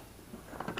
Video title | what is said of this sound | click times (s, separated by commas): Housework Waffle. Lockdown 14th January 2021. | You can hear it click there, | 0.6 s, 0.8 s